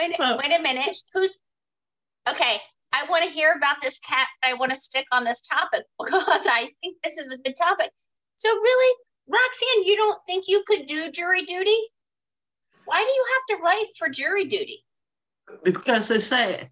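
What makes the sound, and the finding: Adult woman speaking. No disorder.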